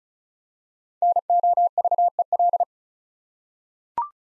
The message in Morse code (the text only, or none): NOVEL